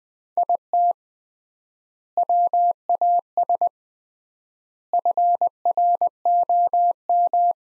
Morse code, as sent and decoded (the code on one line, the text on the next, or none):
.. - / .-- .- ... / ..-. .-. --- --
IT WAS FROM